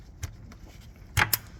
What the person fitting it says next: Okay, did you hear that click? So now that's on.